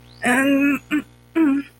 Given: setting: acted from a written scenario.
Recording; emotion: vocal sound without words; pain